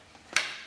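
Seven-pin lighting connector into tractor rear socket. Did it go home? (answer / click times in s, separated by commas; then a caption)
yes / 0.4 s. A seven-pin lighting connector is plugged into the socket at the back of a tractor. A single sharp hit at 0.4 s, bright through the upper frequencies, rings down over the rest of the clip. The connector is seated.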